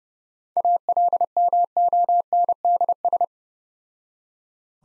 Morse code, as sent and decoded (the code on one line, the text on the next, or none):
.- .-.. -- --- -. -.. ...
ALMONDS